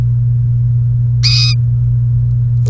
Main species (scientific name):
Serinus canaria